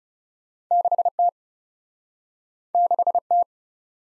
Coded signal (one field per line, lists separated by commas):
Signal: Morse code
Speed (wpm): 38 wpm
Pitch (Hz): 700 Hz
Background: none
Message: 6 T 6 T